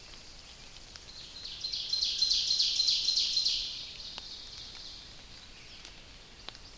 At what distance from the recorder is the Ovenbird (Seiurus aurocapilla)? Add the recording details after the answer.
about 50 m. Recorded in boreal forest in Alberta, Canada, on 29 May 2016 at 05:48. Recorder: SongMeter 3, array SBT-3-49. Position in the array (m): 136 m, 201 m. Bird 14